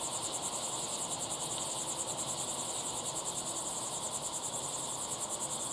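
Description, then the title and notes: Crickets chirping, a high pulsed trill backed by constant softer insect hum. Crickets chirping at sunset in the Timanfaya pyroclastic desert, Lanzarote; recorded in the field with ambisonic equipment, converted to binaural audio. "listen to the crickets at sunset in the incredible Timanfaya pyroclastic desert on the island of Lanzarote"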